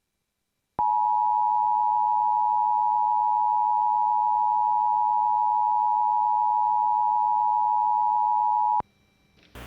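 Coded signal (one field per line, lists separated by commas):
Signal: Emergency Alert System (SAME) tones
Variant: 853 and 960 Hz attention tone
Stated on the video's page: Fictional EAS scenario, not a real broadcast, which may or may not contain valid EAS tones.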